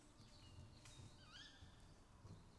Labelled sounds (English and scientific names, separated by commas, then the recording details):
Tawny Owl (Strix aluco)
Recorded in Germany
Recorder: ecoPi